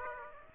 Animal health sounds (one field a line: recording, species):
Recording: mosquito wingbeat signal from an infrared sensor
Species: Aedes aegypti